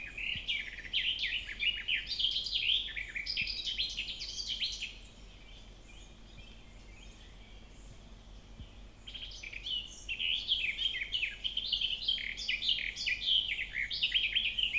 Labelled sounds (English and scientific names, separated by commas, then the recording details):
Garden Warbler (Sylvia borin) song
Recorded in the wild
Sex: male
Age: adult
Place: Marburg, Hessen, DE
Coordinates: 50.8136, 8.76417
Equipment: Uher 4100 Report-V, Sennheiser MKH 804, Kopie DAT
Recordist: Brunner, Thomas